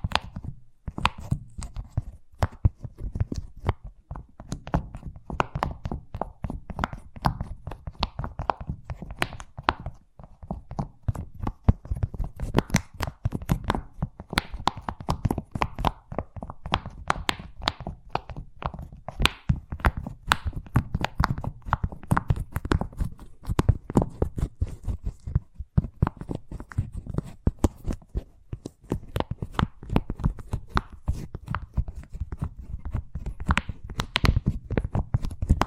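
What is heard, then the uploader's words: Fast tapping runs the whole time, a dense, rapid patter of sharp clicks with an uneven rhythm. Each tap is crisp and bright over a soft, dull thud underneath. Brief pauses break the flow near 10 and 26 seconds before the tapping resumes. ASMR Braingasm Inducing Fast Tapping (No Talking).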